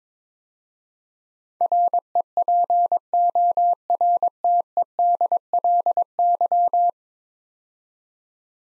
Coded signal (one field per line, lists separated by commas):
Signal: Morse code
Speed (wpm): 23 wpm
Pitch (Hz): 700 Hz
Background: none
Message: REPORTEDLY